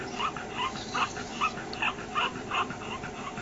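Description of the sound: Quick, regular noisy breaths with a raspy, faintly high-pitched edge, about eight in three seconds, over a hiss of room noise. This is inspiratory stridor: the airway at the voice box fails to open fully, so incoming air becomes harsh and noisy.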